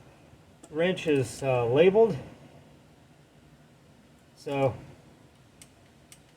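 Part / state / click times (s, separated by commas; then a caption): click-type torque wrench on oil filter housing bolt / torque reached / 5.6 s, 6.1 s. Someone talks, then a click-type torque wrench tightens an oil filter/cooler housing bolt to 12 ft-lb (144 in-lb) on a 2011 Mercedes GLK 350 X204 with the M272 engine during an oil filter/cooler housing gasket replacement. Two short, faint clicks come at 5.6 s and 6.1 s as the wrench reaches its setting, confirming the bolt is torqued.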